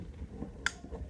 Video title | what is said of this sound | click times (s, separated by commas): Central vacuum hose | you hear it click click sound so there's a tab right there see | 0.7 s